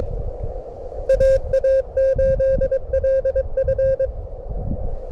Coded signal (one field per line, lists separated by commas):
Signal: Morse code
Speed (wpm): 23 wpm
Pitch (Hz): 1600 Hz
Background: none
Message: AA8LF